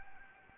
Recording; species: mosquito wingbeat signal from an infrared sensor; Anopheles gambiae